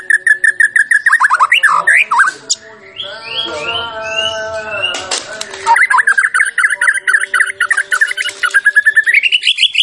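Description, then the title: White-rumped shama song, rapid series of varied whistled notes, then slurred rising and falling phrases with a noisy stretch, ending in quick repeated whistles. Champion bird; masteran (training) recording. "Masteran Murai Batu Juara"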